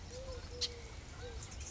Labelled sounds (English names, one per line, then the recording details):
Eurasian Collared Dove
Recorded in Sonoma County, California